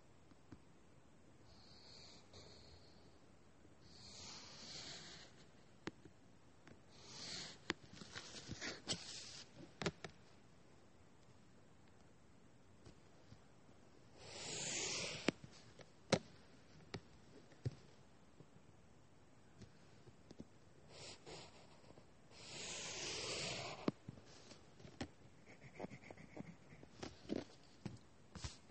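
Drawing and writing on paper, with soft scratchy strokes that swell and fade in bursts around 4, 7, 15 and 23 seconds. Between strokes, sharp little taps and clicks land irregularly, likely a pen tip or pencil touching down, over a quiet, faintly hissing background.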